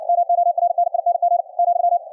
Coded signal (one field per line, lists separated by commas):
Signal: Morse code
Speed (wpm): 63 wpm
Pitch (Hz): 700 Hz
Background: none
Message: MORNING ,